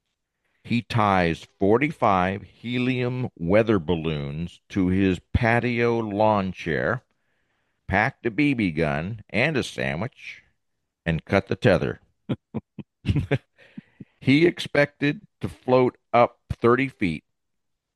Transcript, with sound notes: He ties 45 helium weather balloons to his patio lawn chair, packed a BB gun and a sandwich, and cut the tether." (laughs) "He expected to float up 30 feet,